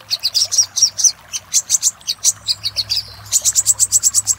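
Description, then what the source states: Little spiderhunter song: long runs of high, sharp notes, steady and rapid, varying slightly in pitch between bursts. Master recording for training cage birds; labelled labaik.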